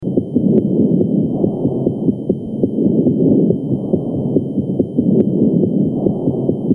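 Loud, harsh, hollow airflow noise from an adult chest, heard through a stethoscope, swells and eases with each breath and dips only briefly between phases. These are bronchial breath sounds: tubular breathing normally heard over the trachea, and a sign of consolidation when heard over the lung fields.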